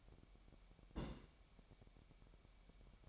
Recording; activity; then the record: daily activity, microphone in the room; place on stove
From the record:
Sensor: 1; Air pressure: 1012.1 hPa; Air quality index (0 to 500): 219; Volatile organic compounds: 5 ppm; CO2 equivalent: 1754 ppm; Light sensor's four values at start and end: 74/177/75/79 and 74/177/75/79